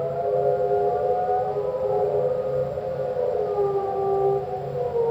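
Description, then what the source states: Whale song, slowed: continuous overlapping tonal moans holding steady pitch, with slight glides and dense harmonics over a rhythmic low hum. A single whale, slowed down.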